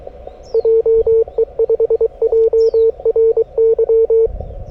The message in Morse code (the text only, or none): JE5JRY